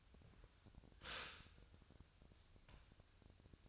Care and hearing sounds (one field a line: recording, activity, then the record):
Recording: daily activity, microphone in the room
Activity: stop toaster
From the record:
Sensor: 2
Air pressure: 1001.9 hPa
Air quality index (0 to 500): 246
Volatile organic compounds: 37 ppm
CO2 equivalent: 3104 ppm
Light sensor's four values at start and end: 9/30/12/11 and 9/30/12/11